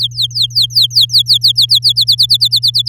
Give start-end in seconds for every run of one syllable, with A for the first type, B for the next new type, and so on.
0.00-1.93 A, 1.96-2.89 B